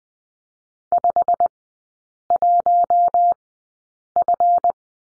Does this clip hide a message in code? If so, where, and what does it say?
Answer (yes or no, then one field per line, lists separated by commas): yes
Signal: Morse code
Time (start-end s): 0.9-4.7 s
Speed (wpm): 20 wpm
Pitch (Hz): 700 Hz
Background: none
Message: 51F